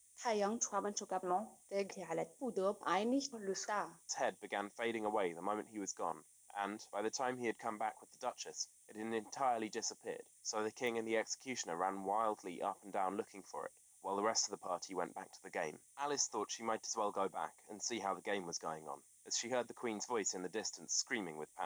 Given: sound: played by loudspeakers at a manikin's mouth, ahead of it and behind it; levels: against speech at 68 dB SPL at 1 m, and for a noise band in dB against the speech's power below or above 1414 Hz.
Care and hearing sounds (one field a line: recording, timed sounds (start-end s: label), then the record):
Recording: test signals for a remote microphone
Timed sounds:
0.00-4.09 s: speech test signal (ISTS)
4.09-21.66 s: man speaking
From the record:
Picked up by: remote microphone D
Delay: 24 ms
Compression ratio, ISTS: 1.24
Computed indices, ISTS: SII 0.997, HASPI 0.990, HASQI 0.385 (non-linear 0.446, linear 0.863), ESTOI 0.888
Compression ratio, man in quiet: 1.31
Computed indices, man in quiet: SII 0.994, HASPI 0.998, HASQI 0.363 (non-linear 0.417, linear 0.872), ESTOI 0.824